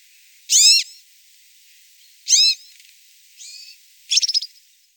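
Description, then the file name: European serin giving three high, buzzy chirps spaced unevenly, then a short rattling trill. "Girlitz"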